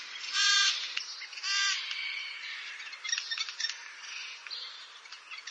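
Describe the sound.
Eurasian jay giving two harsh, rasping screeches early on, followed by quieter scratchy notes and scattered clicks.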